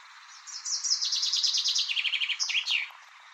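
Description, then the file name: Common chaffinch song: a bright run of high notes that steps down in pitch into a quick trill, closing with a sharp downward flourish. "erdei pinty eneke"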